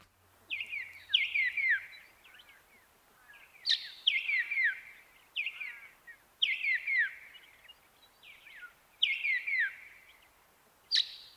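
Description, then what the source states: White-plumed Honeyeater singing repeated phrases of quick, descending notes, each phrase a small cluster, returning every couple of seconds over a faint background hiss. Regional song dialect from inland Australia, about 400 km further inland than a South Australian population, itself some 400 km west of far western New South Wales.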